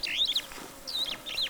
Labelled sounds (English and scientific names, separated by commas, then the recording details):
Superb Starling (Lamprotornis superbus) flight call
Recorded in Kenya